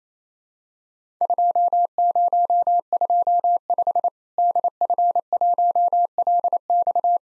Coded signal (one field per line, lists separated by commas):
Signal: Morse code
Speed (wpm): 28 wpm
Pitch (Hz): 700 Hz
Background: none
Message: 2025 DF1LX